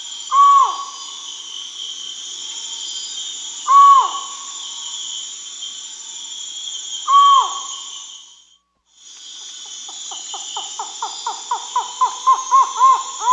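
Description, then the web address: Collared forest-falcon calling: three hollow 'ow' notes about three seconds apart, then a brief break and a quick series of shorter notes growing louder, with a steady insect buzz behind. Recorded in South America. "Natures Songs S America Collared Forest-Falcon"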